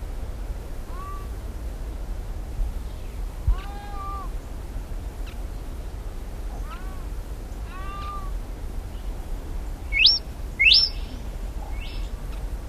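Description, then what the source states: Andean tinamou calling: several arched whistles, then a few higher, sharp upslurred notes near the end, against a constant low rumble. South America.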